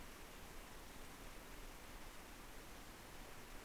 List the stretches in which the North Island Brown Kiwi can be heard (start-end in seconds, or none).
none